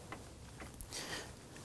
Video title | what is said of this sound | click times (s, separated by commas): How to Replace Map Sensor 2005-2009 Subaru Legacy 2.5L H4 | Going to feel it and hear it click. | 0.8 s